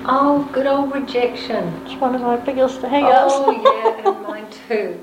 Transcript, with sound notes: Oh, good old rejection! Its on of my biggest hang ups. (laughter) Oh, yeah, mine too!!